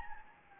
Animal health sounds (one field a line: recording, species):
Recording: mosquito wingbeat signal from an infrared sensor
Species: Anopheles gambiae